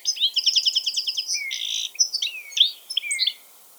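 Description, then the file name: European goldfinch twittering, a quick rattling series of chirps followed by a buzzy note and slurred liquid calls. "Carduelis carduelis"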